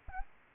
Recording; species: mosquito wingbeat signal from an infrared sensor; Anopheles arabiensis